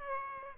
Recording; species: mosquito wingbeat signal from an infrared sensor; Aedes aegypti